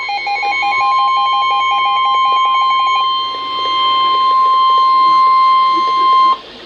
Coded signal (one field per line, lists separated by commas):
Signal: Emergency Alert System (SAME) tones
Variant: 1050 Hz attention tone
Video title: AN UNEXPECTED WAKE UP CALL (EAS Alerts: #163 - 169)